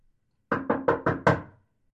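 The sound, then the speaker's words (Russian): Someone knocks on the door of a house for the third time on a bright summer day: five quick, evenly spaced knocks, each a solid wooden rap with a short ring-off, the last one slightly harder. Silence before and after. “Я подождал пару секунд и повторил стук в дверь в третий раз.”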